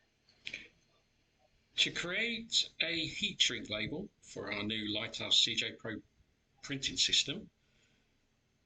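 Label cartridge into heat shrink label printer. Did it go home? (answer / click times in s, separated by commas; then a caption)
yes / 0.5 s. A vinyl label cartridge is pushed down into a Lighthouse CJ-Pro II heat shrink label printer and clicks into place with a sharp snap at 0.5 s. Someone then talks for the rest of the clip.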